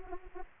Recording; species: mosquito wingbeat signal from an infrared sensor; Anopheles arabiensis